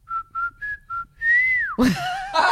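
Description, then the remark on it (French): A person whistles an imitation of a blackbird's call: four short, steady mid-pitched notes, then a long rising-and-falling swoop, ending in a burst of breathy, noisy whistling. “j'entendais un bruit très précis que je peux vous reproduire aujourd'hui d'un oiseau que j'ai identifié”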